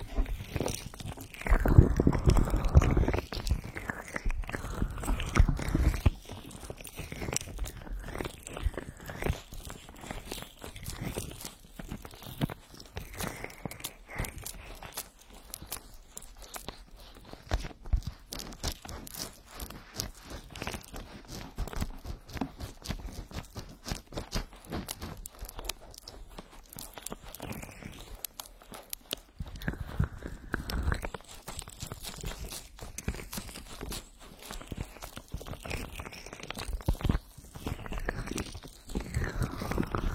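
Ears are rubbed with essential oil, producing a dense, continuous wash of slick crackling and squelching. The rubbing is loudest and heaviest in the first few seconds and again around the thirty-second mark, with quieter, finer rustling between.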